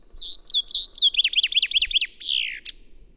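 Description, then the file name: Common chaffinch song, a single loud phrase of accelerating, repeated descending notes that speeds into a trill and closes with a brief slurred flourish. "Fringilla coelebs"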